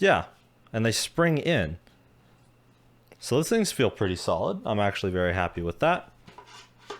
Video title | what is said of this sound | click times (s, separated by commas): Cheap Intel N100 Media Server - SHOULD YOU BUY? | slot your drives into the front like that very nice click actually feels like a solid mechanism | 6.9 s